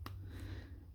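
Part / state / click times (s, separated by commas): wiring harness pigtail connector on a diesel engine EGR valve / released / 0.1 s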